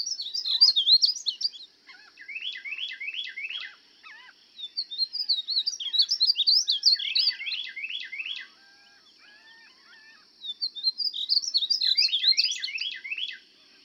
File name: Painted Bunting